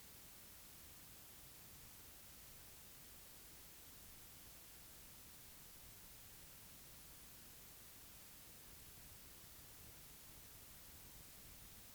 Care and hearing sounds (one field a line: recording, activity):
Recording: daily activity, guitar pickup as the sensor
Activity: sit